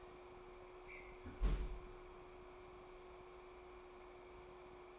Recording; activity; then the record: daily activity, microphone in the room; close fridge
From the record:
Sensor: 1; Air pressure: 1004.6 hPa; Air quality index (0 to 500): 193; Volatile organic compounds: 16 ppm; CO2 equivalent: 2556 ppm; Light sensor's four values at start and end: 5/11/4/4 and 5/11/4/4